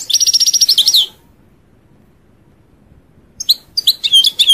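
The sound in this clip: European goldfinch singing a fast tinkling trill for a second, silence, then renewed twittering notes with upslurred and downslurred whistles.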